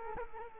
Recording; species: mosquito wingbeat signal from an infrared sensor; Culex quinquefasciatus